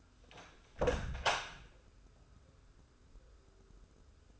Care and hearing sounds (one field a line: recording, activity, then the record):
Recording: daily activity, microphone in the room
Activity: close door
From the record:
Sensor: 2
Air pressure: 1015.1 hPa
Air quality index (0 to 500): 174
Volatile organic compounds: 10 ppm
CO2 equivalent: 2253 ppm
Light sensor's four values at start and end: 13/36/14/16 and 13/36/14/16